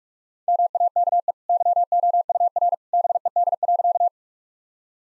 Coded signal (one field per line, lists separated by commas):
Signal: Morse code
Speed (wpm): 46 wpm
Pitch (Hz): 700 Hz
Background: none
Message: MAKE YOUR BED.